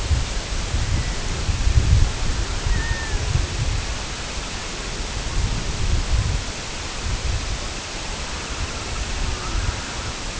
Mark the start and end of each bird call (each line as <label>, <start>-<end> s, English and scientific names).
Red-throated Loon (Gavia stellata), 0.75-1.29 s
Red-throated Loon (Gavia stellata), 2.60-3.30 s
Semipalmated Sandpiper (Calidris pusilla), 3.24-5.17 s
Semipalmated Sandpiper (Calidris pusilla), 6.06-10.39 s
Red-throated Loon (Gavia stellata), 9.10-10.15 s